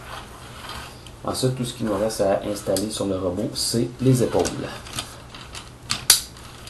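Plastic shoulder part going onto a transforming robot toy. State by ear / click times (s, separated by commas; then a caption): seated / 6.1 s. Someone talks while the shoulders are fitted to a Shadow Commander Nemesis Prime transforming robot toy, then a plastic shoulder part is pressed in and gives a sharp click at 6.1 s. The part seats, and the click shows that everything is secure.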